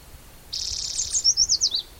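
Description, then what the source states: Spotted Towhee song with a rapid buzzy trill and a short string of sharp descending notes, clear over quiet background. Individual number 8 at Black's Creek, June 16, 2010, around 4:30 in the afternoon.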